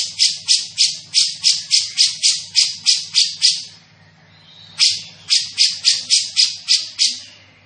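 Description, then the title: Grey-cheeked bulbul giving harsh, rasping chatter notes, about three per second, in two runs separated by a short pause. Described as gacor, calling eagerly and often, with a dense, clear voice. "Cucak Jenggot Gacor, Suara Rapat Dan Jernih"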